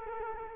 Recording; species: mosquito wingbeat signal from an infrared sensor; Culex quinquefasciatus